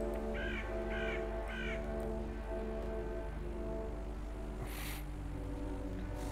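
A crow gives three harsh, evenly spaced caws in quick succession from behind a house, followed by silence broken only by a short hissing burst, all over a steady low background hum.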